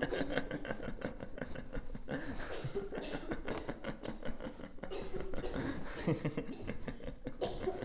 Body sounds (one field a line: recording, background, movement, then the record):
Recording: laughter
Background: a bystander coughing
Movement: walking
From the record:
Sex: male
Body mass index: 22.0 kg/m2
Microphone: on the chest, facing outward